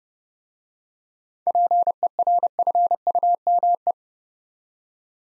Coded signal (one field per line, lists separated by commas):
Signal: Morse code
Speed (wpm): 30 wpm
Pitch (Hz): 700 Hz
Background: none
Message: PERFUME